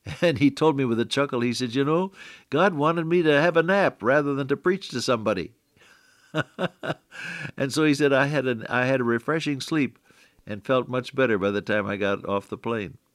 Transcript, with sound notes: And he told me with a chuckle, he said, “You know, God wanted me to have a nap, rather than to preach to somebody.” [laughter] And so he said, “I had a refreshing sleep and felt much better by the time I got off the plane.”